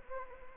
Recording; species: mosquito wingbeat signal from an infrared sensor; Anopheles gambiae